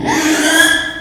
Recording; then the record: squeal of a Yucatan mini pig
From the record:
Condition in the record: after surgery on the right vocal fold (resection and tissue-engineered implant); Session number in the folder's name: 3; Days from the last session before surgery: 33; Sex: male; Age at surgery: 12 weeks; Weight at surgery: 13 kg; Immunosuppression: cyclosporine, prednisolone